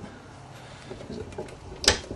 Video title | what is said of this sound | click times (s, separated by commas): 48re assembly part 1 | there it goes | 1.9 s